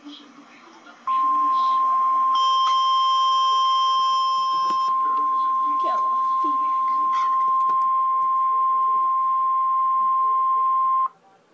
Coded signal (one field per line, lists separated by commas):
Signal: Emergency Alert System (SAME) tones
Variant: 1050 Hz attention tone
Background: speech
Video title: REAL EAS 504-Severe thunderstorm warning